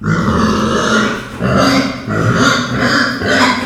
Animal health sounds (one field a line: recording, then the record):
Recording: squeal of a Yucatan mini pig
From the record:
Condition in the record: after surgery on the right vocal fold (resection and tissue-engineered implant)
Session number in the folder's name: 13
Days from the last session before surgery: 113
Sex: female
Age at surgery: 19 weeks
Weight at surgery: 25 kg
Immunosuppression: prednisolone